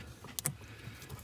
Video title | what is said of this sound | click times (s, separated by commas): [HOW TO] Wire Cargo & Reverse Lamps on Boost Auto Parts Tow Mirrors (GMC Canyon/Chevy Colorado) | crimp it down yeah you'll see it click close there's a little like clasp on | 0.4 s, 0.5 s